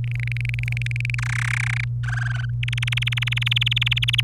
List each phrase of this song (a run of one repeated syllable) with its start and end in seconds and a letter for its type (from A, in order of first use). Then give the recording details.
0.04-1.15 A, 1.18-1.84 B, 2.04-2.45 C, 2.63-4.21 D. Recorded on 27 April 2018 at 10:26. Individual llb3